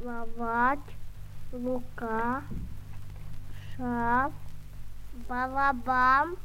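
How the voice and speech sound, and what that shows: A child naming pictures replaces the Russian 'r' sound with l, w or v sounds ('luka', 'shaw', 'bavaban'): pararhotacism, a defect in pronouncing the 'r' sound.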